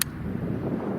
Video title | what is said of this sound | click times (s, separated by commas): Calibrating a Fishing Drones GPS and Compass | What you wanna make sure is you get a solid click from the catch. | 0.0 s